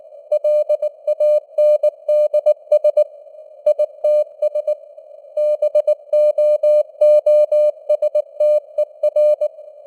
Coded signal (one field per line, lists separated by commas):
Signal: Morse code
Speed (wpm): 19 wpm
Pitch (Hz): 600 Hz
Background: none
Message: LANDS ITS BOOSTER